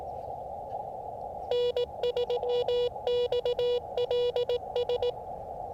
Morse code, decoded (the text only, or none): N3XLS